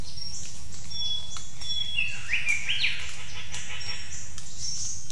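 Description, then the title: Bird gives a quick warbling run of twisting notes around two to three seconds, amid high ticking chirps and a steady background hum. Birds calling in the jungle at Mungku Baru, Central Kalimantan, Indonesia. "丛林中的鸟叫_黑色喜p-印度尼西亚中加里曼丹省Mungku Baru"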